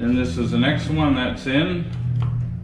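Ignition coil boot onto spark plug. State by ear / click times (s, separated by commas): seated / 2.2 s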